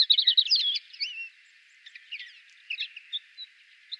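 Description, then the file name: European greenfinch opening with a loud, fast rattling trill and a slurred note, followed by sparse, softer chirps spaced out over the remaining seconds. "Chloris chloris"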